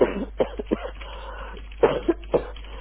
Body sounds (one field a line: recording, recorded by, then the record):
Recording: voluntary cough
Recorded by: telephone call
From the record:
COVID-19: positive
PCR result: checked with the laboratory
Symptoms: yes